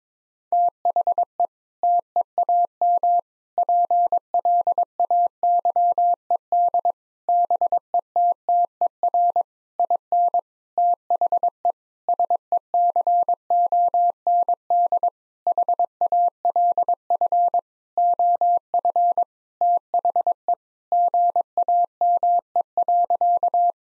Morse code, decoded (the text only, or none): THE TEAM PLAYED BETTER IN THE SECOND HALF OF THE GAME.